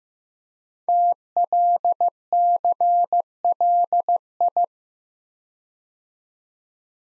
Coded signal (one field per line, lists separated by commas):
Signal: Morse code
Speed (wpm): 15 wpm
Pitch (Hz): 700 Hz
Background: none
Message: TLCLI